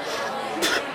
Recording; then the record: coughing mixed with background sound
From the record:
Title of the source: 55 gaggy wet cough